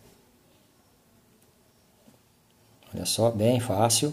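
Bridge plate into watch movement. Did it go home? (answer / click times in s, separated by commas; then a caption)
no / none. A watch bridge plate is held over the movement of a Seiko ladies' watch, calibre 4206A, whose hairspring is badly bent, and lined up in position before it drops home. For about three seconds there is only faint handling noise with a small tick near 1.4 s. Then someone talks until the end, and nothing has seated or clicked yet.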